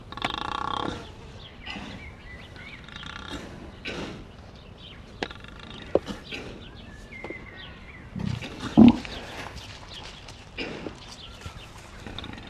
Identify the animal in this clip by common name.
African Buffalo